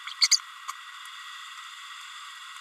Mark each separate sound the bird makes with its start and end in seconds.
0.21-0.28, 0.31-0.40